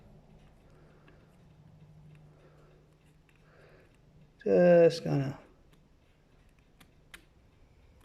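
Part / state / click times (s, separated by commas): action figure sword into its sheath / not seated / none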